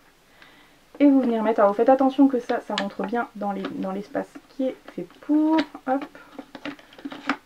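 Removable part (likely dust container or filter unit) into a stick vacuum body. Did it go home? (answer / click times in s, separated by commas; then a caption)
yes / 6.6 s, 7.3 s. A removable part, likely the dust container or filter unit, is reattached to a Rowenta Air Force 360 cordless stick vacuum after cleaning: it is lined up to go into the space made for it, then pressed until it clips in. Someone talks through most of the clip, and near the end a short run of small taps and snaps leads to two clicks at 6.7 s and 7.3 s. The part is seated, held by two clips.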